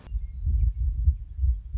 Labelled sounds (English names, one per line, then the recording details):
Western Meadowlark
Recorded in Sonoma County, California